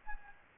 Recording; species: mosquito wingbeat signal from an infrared sensor; Anopheles gambiae